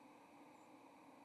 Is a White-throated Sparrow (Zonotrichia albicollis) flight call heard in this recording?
yes